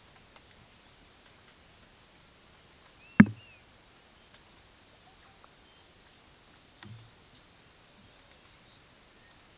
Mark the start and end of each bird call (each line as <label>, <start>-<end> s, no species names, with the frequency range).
bird call (1.9-3.0 kHz), 2.99-3.65 s